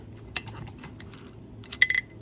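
A rotating watch bezel, with its click spring already fitted, is pressed down onto a metal watch case after a stretch of light, scattered ticking. It snaps on with a loud, sharp click at 1.8 s, and the bezel is seated. Two quieter clicks follow at 1.9 s and 2.0 s, possibly the bezel being turned against the click spring.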